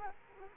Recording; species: mosquito wingbeat signal from an infrared sensor; Culex quinquefasciatus